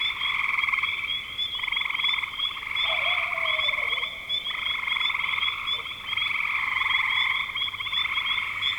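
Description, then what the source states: Frogs trill in a dense overlapping chorus in long bursts with short gaps, with a faint low sliding sound around three seconds. Recorded in spring 2025.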